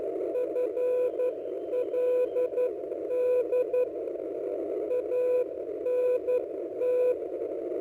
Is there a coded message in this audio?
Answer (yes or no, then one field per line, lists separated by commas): yes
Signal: Morse code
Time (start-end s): 0.4-7.1 s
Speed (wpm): 11 wpm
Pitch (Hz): 500 Hz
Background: radio noise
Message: FLD ANT